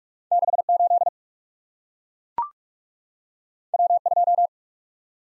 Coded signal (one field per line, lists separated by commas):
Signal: Morse code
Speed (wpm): 44 wpm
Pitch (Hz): 700 Hz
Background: none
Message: 6 8 W 2